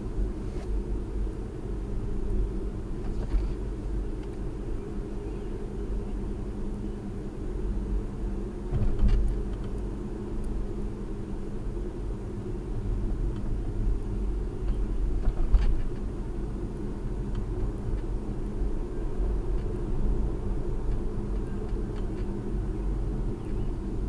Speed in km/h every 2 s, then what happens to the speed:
39, 39, 39, 39, 39, 37, 37, 37, 42, 42, 40, 35.
0-19 steady at about 39. 19-24 slows to 35.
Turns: none.